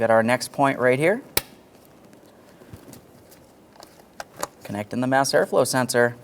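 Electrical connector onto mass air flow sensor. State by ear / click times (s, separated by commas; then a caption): not seated / none. Someone talks while a plastic electrical connector is handled at the mass air flow sensor of a 2012-2018 Nissan Maxima 3.5L V6. Faint handling ticks and taps come between about 2.1 and 4.4 seconds, the sharpest near 4.2 and 4.4 seconds. The connector has not seated or clicked yet.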